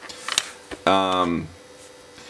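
A CompactFlash card is pulled by hand out of the socket on an RC2014 adapter board, which has no release lever, releasing with sharp clicks at 0.3 and 0.4 seconds. A softer tap follows at 0.7 seconds, then someone talks briefly.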